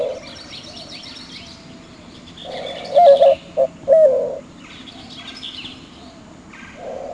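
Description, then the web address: White-winged Dove delivering one full cooing phrase of low hoots in a short rhythmic pattern, plus brief coo fragments at the edges and soft background chirping. "Peterson North American Birds. wwdo"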